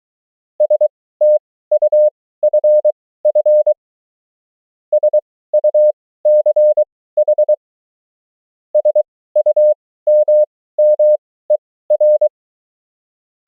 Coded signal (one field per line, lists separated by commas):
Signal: Morse code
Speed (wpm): 23 wpm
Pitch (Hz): 600 Hz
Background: none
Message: STUFF SUCH SUMMER